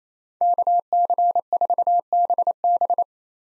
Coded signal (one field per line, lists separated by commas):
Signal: Morse code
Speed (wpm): 28 wpm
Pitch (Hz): 700 Hz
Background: none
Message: KC4BB